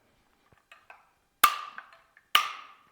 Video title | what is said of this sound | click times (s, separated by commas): 2015-2022+ LEXUS NX 5-dr SUV with Flush Side Rails - Best Thule's Roof Rack Crossbars | Okay, and that click ensures that you've tightened it completely. | 1.4 s, 2.3 s